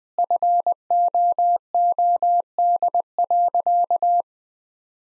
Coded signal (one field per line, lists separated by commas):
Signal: Morse code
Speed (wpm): 21 wpm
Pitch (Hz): 700 Hz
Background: none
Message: FOOD.